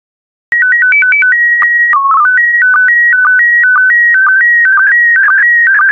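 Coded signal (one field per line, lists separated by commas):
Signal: SSTV (slow-scan television)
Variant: PD120 mode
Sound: warbling, stepping electronic tones with short low blips about twice a second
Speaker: transmission complete you can now check your decoded image against the picture that is shown on the video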